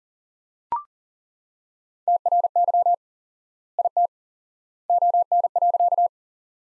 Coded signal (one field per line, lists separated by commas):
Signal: Morse code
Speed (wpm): 40 wpm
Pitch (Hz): 700 Hz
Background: none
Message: TRY IT ON.